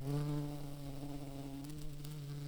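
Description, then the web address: Red-tailed bumblebee buzzing, a steady low hum with clear even overtones, slightly wavering over two and a half seconds. Queen. "bumblebees Lapidarius-queens"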